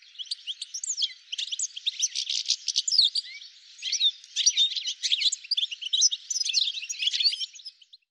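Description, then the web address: Bird song, a fast nearly continuous stream of high chirps, trills and short whistled slurs, lasting nearly eight seconds. "cianscape birddata"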